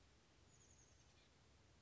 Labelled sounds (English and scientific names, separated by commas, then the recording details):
Oak Titmouse (Baeolophus inornatus)
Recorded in Sonoma County, California